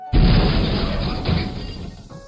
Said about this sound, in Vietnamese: Một tiếng nổ kinh thiên động địa, quang cầu to lớn rốt cuộc cũng nổ tung trong không trung, biến thành vô số ánh sáng nhỏ cỡ nắm tay hạ xuống,